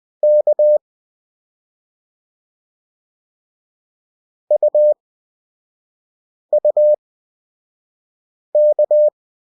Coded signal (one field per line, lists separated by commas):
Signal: Morse code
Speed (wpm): 20 wpm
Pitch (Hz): 600 Hz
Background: none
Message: K UUK